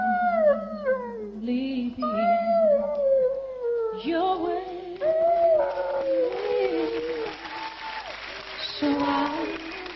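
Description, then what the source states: Dog howling in long, wavering, song-like tones that rise and fall through sustained notes, with applause and crowd noise. Dog 'singing' in imitation of a pop singer's song on a TV talent show; hosts say the performance results from training.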